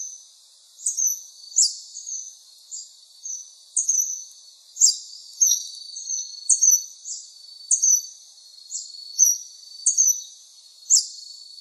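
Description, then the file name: Scaled Hermit giving a steady string of many sharp, high-pitched squeaks. Recorded in Misiones, along the road to the sanctuary. "Ermitano escamado Misiones Camino del santuario"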